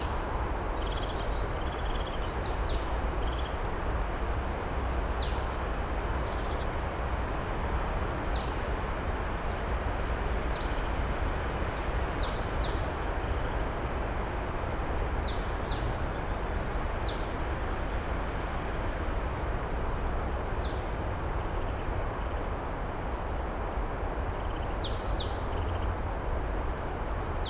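Steady wind roars through the whole recording, a dense, even rush with a low rumble underneath. Above it, short high bird chirps come in scattered bursts every second or two, sometimes in quick pairs, staying thin against the constant wind.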